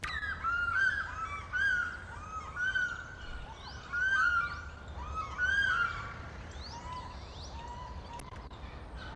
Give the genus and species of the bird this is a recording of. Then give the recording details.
Haliaeetus vocifer. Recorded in captivity. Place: Zoo Berlin, Berlin, DE. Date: 1994-02-11 11:14. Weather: Bedeckt, 4°C. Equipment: Marantz CP 130, Sennheiser ME 80, Kopie Uher Variocord 263. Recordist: Tembrock, Günter. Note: 2 Tiere: Ruffolgen